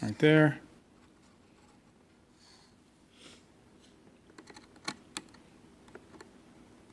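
Someone talks briefly at the start while handling the plastic retaining tabs on an instrument cluster housing. A few short, sharp plastic ticks follow in the second half of the clip. Nothing has seated or clicked into place yet.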